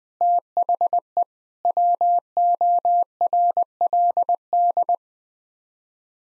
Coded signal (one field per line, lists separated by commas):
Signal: Morse code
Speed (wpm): 20 wpm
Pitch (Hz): 700 Hz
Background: none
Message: THE WORLD